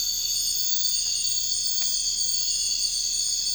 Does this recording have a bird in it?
no